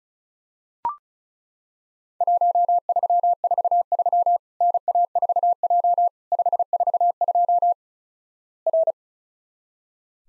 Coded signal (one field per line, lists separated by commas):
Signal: Morse code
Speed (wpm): 35 wpm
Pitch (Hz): 700 Hz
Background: none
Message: 1343 NA4J 542 R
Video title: Worked All Europe DX Contest QTC Exchange 35wpm